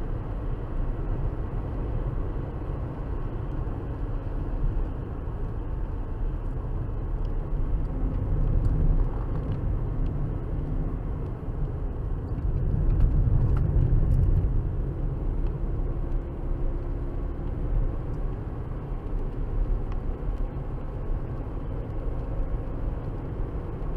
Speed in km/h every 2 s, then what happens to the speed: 85, 87, 81, 76, 72, 71, 66, 63, 64, 71, 76, 77.
3-13 slows to 63. 13-24 speeds up to 77.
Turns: none.